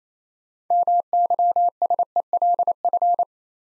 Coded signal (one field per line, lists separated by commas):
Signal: Morse code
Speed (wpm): 27 wpm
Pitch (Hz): 700 Hz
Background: none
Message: MYSELF